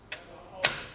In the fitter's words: push up until we hear that clicking sound